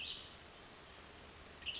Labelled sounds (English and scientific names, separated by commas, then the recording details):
Western Tanager (Piranga ludoviciana)
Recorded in Sonoma County, California